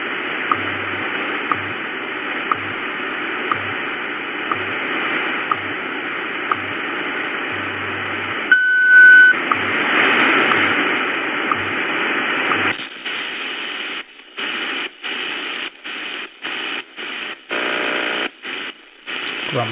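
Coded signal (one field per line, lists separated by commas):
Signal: radio time signal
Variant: WWVH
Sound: faint ticks each second in hiss, then a long steady beep, then choppy static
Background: radio static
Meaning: The long tone marks the top of the hour, 6:00 UTC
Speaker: National Institute of Standards and Technology time this is radio station wwvh Kawaii Hawaii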